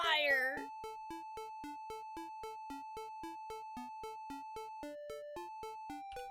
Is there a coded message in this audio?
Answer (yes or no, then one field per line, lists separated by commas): no